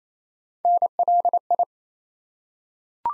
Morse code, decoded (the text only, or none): NLI